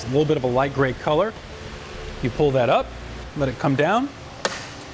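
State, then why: Seated. Someone talks while pulling up the light grey quick-release trigger at the top of a Yakima RidgeBack 4-bike hitch bike rack and letting the metal bike-carrying arms fold down, which is done when no bikes are loaded to save space for parking or storing in a garage. A single sharp click at 4.5 s marks the folding arms locking into the mast, and the rack is locked in place.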